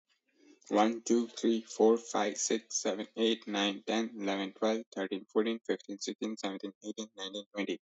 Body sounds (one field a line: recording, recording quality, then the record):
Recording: counting at a fast pace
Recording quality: excellent, no background noise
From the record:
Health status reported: healthy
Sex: male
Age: 22 years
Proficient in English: yes